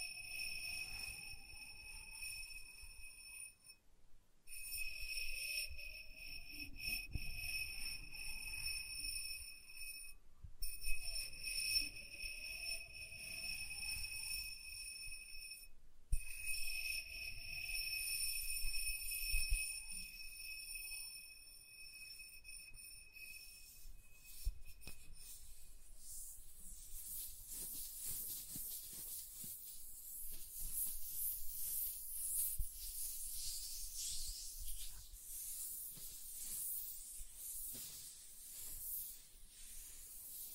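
Soft tracing across smooth and rough surfaces. For the first twenty-odd seconds the strokes are gentle and repeated every few seconds, under a steady high whine and short breaks around 4, 10 and 16 seconds. After about 25 seconds the rubbing turns hissier and grainier.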